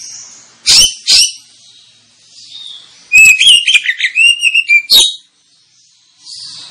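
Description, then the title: Oriental magpie-robin song: two sharp harsh bursts, then a rapid string of sweet whistles and scratchy notes, ending in a loud rasp, with soft high chatter behind. Used as a lure recording to provoke magpie-robins into singing and fighting, with the bird described as singing loudly and insistently. "Kacer Langsung Tarung Konslet KACER NGOTOT FULL TEMBAKAN. Kacer dimana SAJA Bakalan NGEPLONG GACOR dengan Pancingan Kacer ini"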